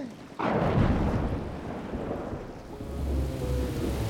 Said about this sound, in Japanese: おっと、のんきなことやってる場合じゃない。来たわ。 ひどい雨、 今日はだいぶ荒れそうなのよ。 要注意よみんな。 よし、 面倒な嵐になりそうだな。